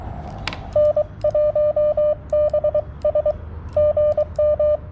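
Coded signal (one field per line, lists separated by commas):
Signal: Morse code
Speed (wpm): 23 wpm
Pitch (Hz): 600 Hz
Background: none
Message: N1BS GM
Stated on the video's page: CW Parks On The Air activation on 40m using a TX-500 with a WRC antenna and BaMaTech TP-III key.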